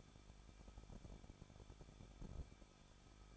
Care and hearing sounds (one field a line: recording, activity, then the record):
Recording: daily activity, microphone in the room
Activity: no activity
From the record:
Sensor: 5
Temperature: 20.8 degrees Celsius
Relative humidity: 38.3%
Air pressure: 1006.6 hPa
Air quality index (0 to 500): 185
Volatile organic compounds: 17 ppm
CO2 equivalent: 2591 ppm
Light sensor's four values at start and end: 2/3/1/1 and 2/3/1/1